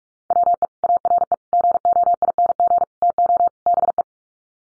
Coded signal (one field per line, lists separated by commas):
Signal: Morse code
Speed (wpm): 44 wpm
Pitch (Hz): 700 Hz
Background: none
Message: WE ARE GOING TO BE